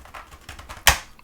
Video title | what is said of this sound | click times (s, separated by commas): AMVR CD2 Charging Dock for Meta Quest 3 & 3s - The Best All-in-One? - Unboxing, Assembly, Review | There we go, and it clicked into our lock position. | 0.9 s